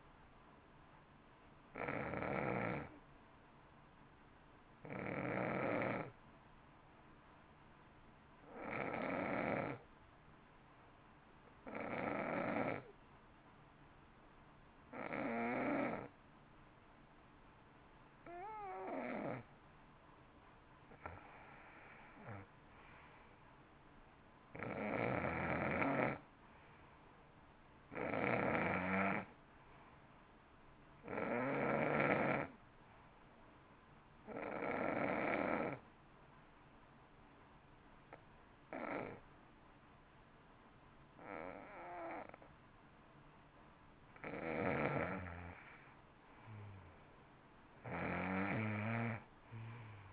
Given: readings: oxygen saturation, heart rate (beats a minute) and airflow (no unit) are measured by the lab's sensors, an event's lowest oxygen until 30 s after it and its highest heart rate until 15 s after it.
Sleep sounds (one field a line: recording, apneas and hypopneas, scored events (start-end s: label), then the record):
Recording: breathing in sleep by a voice recorder at the bedside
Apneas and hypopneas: 2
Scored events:
7.00-20.30 s: hypopnea (N2, oxygen 93% highest, then 88% lowest, heart rate 53 at the start, 57 highest)
33.00-46.10 s: hypopnea (N2, oxygen 92% highest, then 87% lowest, heart rate 57 at the start, 60 highest)
From the record:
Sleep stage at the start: N2 (light sleep)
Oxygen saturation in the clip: 87 to 93%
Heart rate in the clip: 53 to 57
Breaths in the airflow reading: 13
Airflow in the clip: -12.1 to 10.8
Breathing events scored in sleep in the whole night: 328 in 6.3 hours asleep